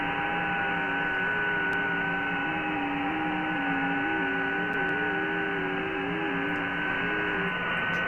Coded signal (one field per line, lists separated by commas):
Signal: FT8